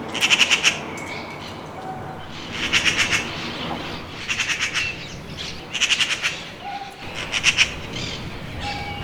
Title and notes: garsa. se da un paseo por la copa del pino que tengo delante de mi balcón. suba hasta lo alto de la rama más alta para avisar a todo el mundo que allí está. Es una urraca común